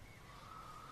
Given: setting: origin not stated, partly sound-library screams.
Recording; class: one-second piece from a danger detection set; normal situation